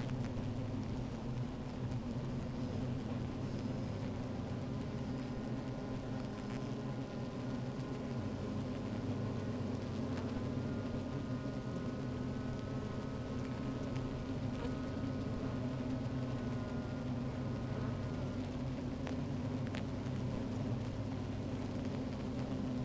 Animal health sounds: honeybee colony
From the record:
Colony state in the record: active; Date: 28 July 2017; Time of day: 15:53

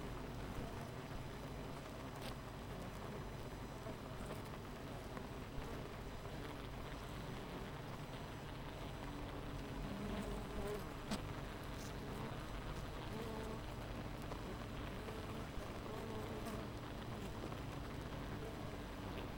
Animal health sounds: honeybee colony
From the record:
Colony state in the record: missing queen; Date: 14 July 2017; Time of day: 8:48

